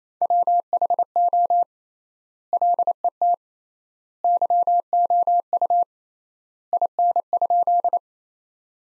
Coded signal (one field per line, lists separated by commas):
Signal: Morse code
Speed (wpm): 28 wpm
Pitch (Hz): 700 Hz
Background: none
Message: WHO LET YOU IN?